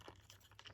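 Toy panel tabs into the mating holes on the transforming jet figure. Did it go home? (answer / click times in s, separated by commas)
yes / 0.3 s, 0.6 s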